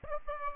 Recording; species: mosquito wingbeat signal from an infrared sensor; Aedes aegypti